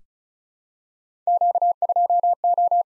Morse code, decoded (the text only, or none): Q2O